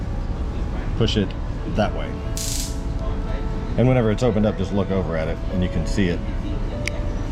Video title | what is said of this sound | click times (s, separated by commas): How to Open and Close a Knife | click into place that's | 6.9 s